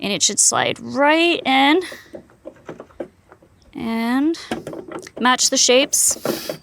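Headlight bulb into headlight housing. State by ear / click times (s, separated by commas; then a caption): not seated / none. A gloved hand slides a new headlight bulb into the headlight housing and lines it up before turning it to lock, while someone talks. Between about 2.1 and 3.3 seconds there are small, soft taps and scrapes as the bulb goes in. Nothing has seated or clicked yet.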